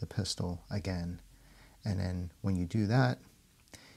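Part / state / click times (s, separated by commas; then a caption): pistol fire control unit into polymer grip module / seated / 3.7 s, 3.8 s. Someone talks while a SIG P320 AXG Pro pistol's fire control unit is pushed toward the front of its polymer grip module with a slight wiggle. Two quick clicks at 3.7 s and 3.8 s mark it dropping into place, fully seated.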